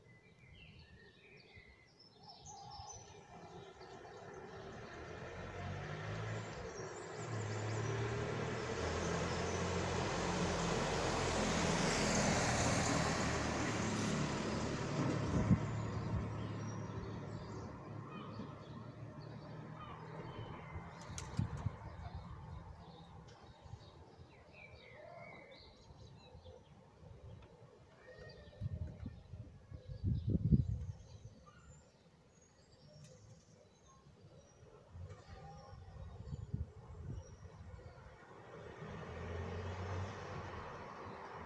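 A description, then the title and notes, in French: A car passes, swelling from about four seconds to a peak near twelve and fading by twenty, with another brief rumble around thirty seconds. Birds chirp restlessly throughout, short bright calls scattered over a low outdoor hum. Rue des Bois Blancs à Lille, un mardi matin. Quelques voitures passent... et des oiseaux semblent plus fébriles que d'habitude.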